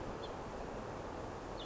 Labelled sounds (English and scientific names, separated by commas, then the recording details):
House Finch (Haemorhous mexicanus)
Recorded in Sonoma County, California